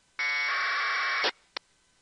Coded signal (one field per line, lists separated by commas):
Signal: packet radio (AX.25, as in APRS)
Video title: Using AFSK1200 Decoder for Radio Propagation